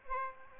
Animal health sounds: mosquito wingbeat signal from an infrared sensor; Aedes aegypti

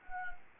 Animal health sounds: mosquito wingbeat signal from an infrared sensor; Anopheles gambiae

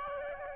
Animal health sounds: mosquito wingbeat signal from an infrared sensor; Aedes albopictus

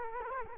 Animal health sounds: mosquito wingbeat signal from an infrared sensor; Culex quinquefasciatus

